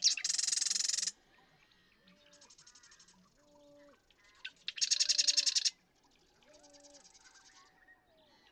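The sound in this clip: Marsh Wren songs, loud rattling bursts a few seconds apart, with softer buzzy trills between them.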